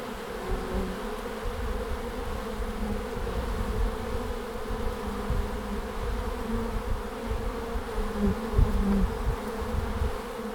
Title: Langel, Köln, Deutschland - Bienen Ende März. Bees at the end of march